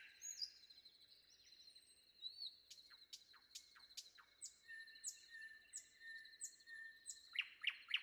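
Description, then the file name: Common nightingale song of sharp clicking notes, clear whistled slurs and short trills, with a thin steady high tone behind. Sung before dawn. "predawn nightingale"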